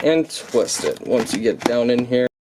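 A plastic section of an APOSEN handheld vacuum is handled while being lined up, pushed down and twisted to twist-lock onto the vacuum body. Someone talks throughout over light handling noise. Nothing has seated or clicked yet.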